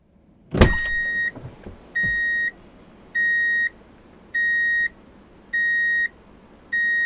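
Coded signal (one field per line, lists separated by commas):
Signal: alarm pattern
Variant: vehicle reversing alarm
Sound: steady high beeps repeating evenly, six beeps after an initial thump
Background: vehicle noise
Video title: Drive in Reverse Beep Alert | Sound Effect (HD)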